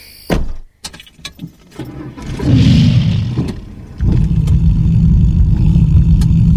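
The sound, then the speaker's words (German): The engine of a fast car in Israel cranks with a few sharp clicks and bursts, then catches and roars into a loud, steady low rumble, briefly revving before settling into a strong idle. “Schnellstes Auto, das es zurzeit gibt in Israel.”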